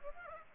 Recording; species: mosquito wingbeat signal from an infrared sensor; Aedes aegypti